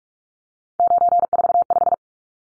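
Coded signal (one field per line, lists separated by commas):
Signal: Morse code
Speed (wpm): 44 wpm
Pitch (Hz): 700 Hz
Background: none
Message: 945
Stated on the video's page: Morse head-copy drill of three-digit numbers at 45 wpm, each number sent, spoken, then sent again.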